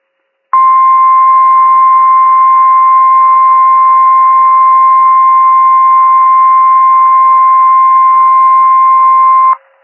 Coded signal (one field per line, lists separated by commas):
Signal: Emergency Alert System (SAME) tones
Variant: 1050 Hz attention tone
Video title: EAS Compilation Alerts for Hurricane Florence 9-11-2018 to 9-16-2018